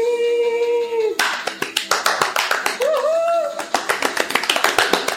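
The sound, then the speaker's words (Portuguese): Applause breaks out as a crowd of hands claps in a dense, uneven patter for several seconds, with voices calling out and a tonal sound over it at the start. “E mais palmas de palmas.”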